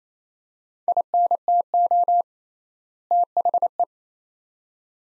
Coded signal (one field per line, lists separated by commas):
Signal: Morse code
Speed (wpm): 27 wpm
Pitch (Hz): 700 Hz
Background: none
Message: INTO THE